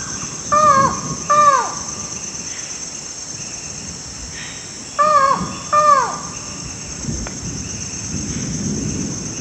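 Buckley's forest falcon calling in paired nasal, down-curving notes, two pairs separated by several seconds, over a constant high insect drone.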